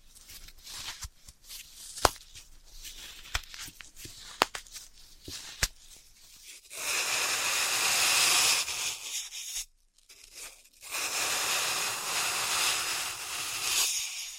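Floral foam being tapped and then crushed. The first half holds sharp, sparse taps and snaps at irregular intervals, about one per second, over a quiet crackle; from about seven seconds a dense, steady crunching and hissing takes over, broken by a brief silence near ten seconds.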